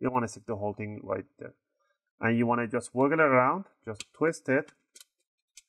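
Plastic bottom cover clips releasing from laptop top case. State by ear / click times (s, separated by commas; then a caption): released / 5.0 s, 5.6 s. Someone talks while an opening tool is inserted between the plastic bottom and top covers of a Lenovo IdeaPad 320 laptop and twisted to pop the snap clips apart. Sharp clicks follow at 5.0 s and 5.6 s as the plastic bottom cover clips release from the top case and the case opens.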